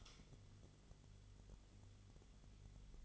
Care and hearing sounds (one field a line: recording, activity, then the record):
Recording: daily activity, microphone in the room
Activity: light on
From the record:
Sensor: 4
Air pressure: 1008.7 hPa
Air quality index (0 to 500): 94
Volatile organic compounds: 1 ppm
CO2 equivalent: 707 ppm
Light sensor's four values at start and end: 11/25/10/9 and 11/27/10/10